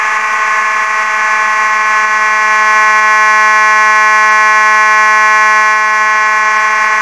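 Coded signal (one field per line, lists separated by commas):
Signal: alarm pattern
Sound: one harsh buzzing alarm horn sounding continuously without any break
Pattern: continuous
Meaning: A continuous sounding signals a fire alarm and calls for evacuation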